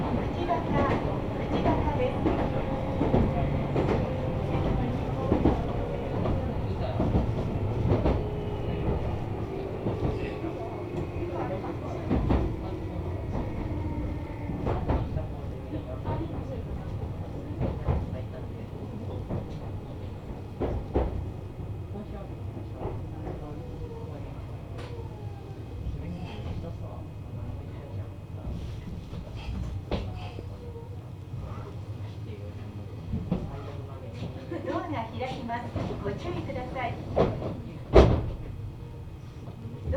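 A ride on the Meitetsu Bisai Line train, with a steady low rumble throughout. In the first fifteen seconds a motor whine slides downward as the train slows, and sharp rail clacks and knocks punctuate the run, with a louder bang near the end.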